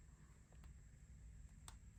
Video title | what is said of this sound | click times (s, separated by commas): Build the Star Wars millennium falcon pack 4 issue 14#starwars#milleniumfalcon#fanhome#modelbuilding | there you go I don't if you heard that click | 1.7 s